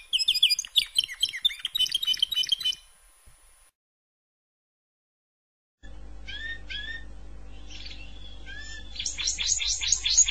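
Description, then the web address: Canary song: dense fast trills, a silent gap, then scattered whistled notes building into a loud high trill; low hum in the second half. "honarfardi Canary Sound"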